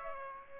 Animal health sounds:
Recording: mosquito wingbeat signal from an infrared sensor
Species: Aedes aegypti

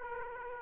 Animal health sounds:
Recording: mosquito wingbeat signal from an infrared sensor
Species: Aedes aegypti

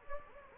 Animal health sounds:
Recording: mosquito wingbeat signal from an infrared sensor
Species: Anopheles gambiae

